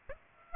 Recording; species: mosquito wingbeat signal from an infrared sensor; Aedes aegypti